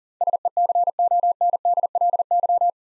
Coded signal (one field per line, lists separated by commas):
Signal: Morse code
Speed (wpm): 40 wpm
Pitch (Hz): 700 Hz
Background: none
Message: SECONDLY